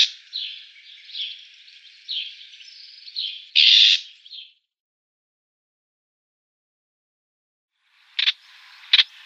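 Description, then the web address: Eurasian reed warbler giving harsh, rasping churring calls in a run for about four seconds, with a loud burst near the end, then silence and two short dry clicks. "Schulze Peter Reed Warbler calls"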